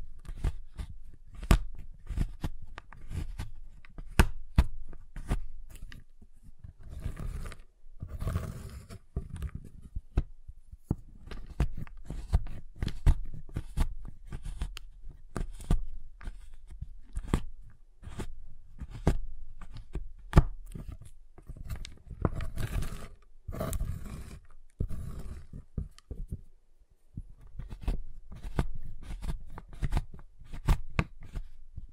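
A giant chocolate bar is tapped, cut and snapped in dense, irregular bursts of sharp clicks and crunches, with brief quiet gaps throughout.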